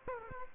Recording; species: mosquito wingbeat signal from an infrared sensor; Aedes aegypti